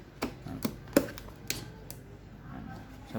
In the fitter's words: So pag nalock nyo po ito, yan. Yan. Okay na siya.